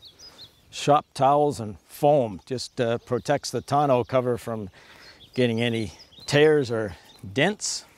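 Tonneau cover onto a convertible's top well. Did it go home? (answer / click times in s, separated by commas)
no / none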